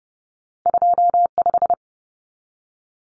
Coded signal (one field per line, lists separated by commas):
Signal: Morse code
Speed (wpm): 30 wpm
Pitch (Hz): 700 Hz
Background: none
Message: 25